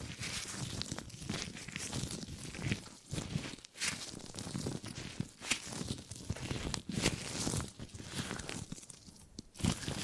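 Tingly gripping and grabbing sounds: continuous scratchy, crinkling rustles with crunchy textures, like fingers clutching and rubbing a material. The handling comes in uneven bursts with brief pauses near 3, 3.7 and 9.5 seconds, and sharper crackles rise out of it now and then.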